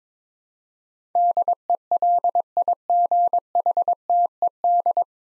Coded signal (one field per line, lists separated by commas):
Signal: Morse code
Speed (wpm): 22 wpm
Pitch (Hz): 700 Hz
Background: none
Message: DELIGHTED